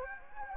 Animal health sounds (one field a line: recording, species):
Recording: mosquito wingbeat signal from an infrared sensor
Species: Anopheles gambiae